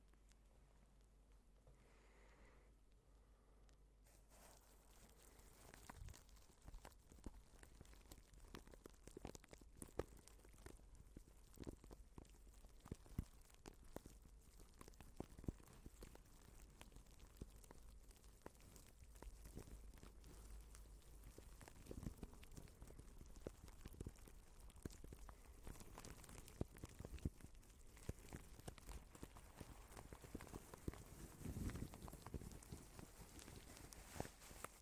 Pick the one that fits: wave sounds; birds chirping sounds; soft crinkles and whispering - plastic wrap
soft crinkles and whispering - plastic wrap